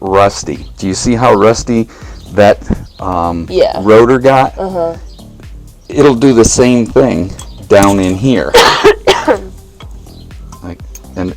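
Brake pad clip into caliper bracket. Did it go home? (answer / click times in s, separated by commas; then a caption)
yes / 10.9 s. On a 2008 Honda Civic EX brake job, a metal brake pad hardware clip is pressed into the caliper bracket while people talk. Short taps and clicks build near the end, and the clip pops and seats into place at about 11.0 seconds.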